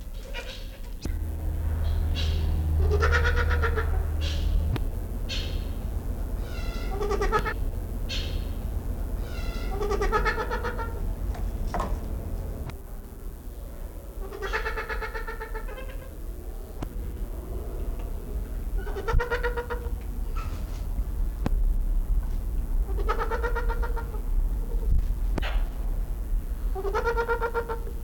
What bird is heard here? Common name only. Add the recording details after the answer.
Trumpeter Hornbill. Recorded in captivity. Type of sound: trumpet call. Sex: male. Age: adult. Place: Zoo Berlin, Berlin, DE. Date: 1994-08-06 11:27. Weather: wolkig bis heiter, 20-27°C. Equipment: Marantz CP 430, Sennheiser ME 80, Kopie Uher Variocord 263. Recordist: Tembrock, Günter. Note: Männchen: Lautfolgen